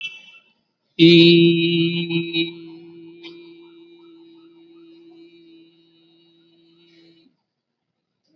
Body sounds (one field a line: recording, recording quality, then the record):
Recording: sustained vowel as in beet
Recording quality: excellent, no background noise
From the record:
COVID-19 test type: RT-PCR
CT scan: not taken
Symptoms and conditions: none ticked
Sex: male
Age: 29 years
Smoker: no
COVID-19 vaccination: both doses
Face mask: worn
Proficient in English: yes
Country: India